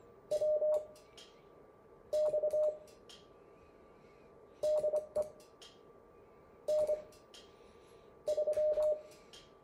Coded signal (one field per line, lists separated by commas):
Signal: Morse code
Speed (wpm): 25 wpm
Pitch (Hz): 610 Hz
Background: none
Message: WX DE N3